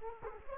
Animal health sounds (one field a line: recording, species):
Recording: mosquito wingbeat signal from an infrared sensor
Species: Culex quinquefasciatus